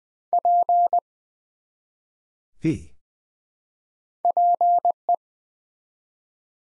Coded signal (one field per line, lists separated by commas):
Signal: Morse code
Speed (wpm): 20 wpm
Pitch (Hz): 700 Hz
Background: none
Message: P PE